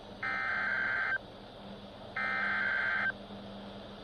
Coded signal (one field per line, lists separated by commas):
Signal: Emergency Alert System (SAME) tones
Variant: header bursts